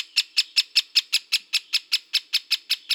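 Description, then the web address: Great spotted woodpecker calls: sharp, clipped kik notes repeated steadily about five times a second, with no other sounds. Recorded in Slovenia. "Dendrocopos major"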